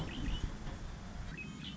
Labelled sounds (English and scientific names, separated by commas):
Red-winged Blackbird (Agelaius phoeniceus)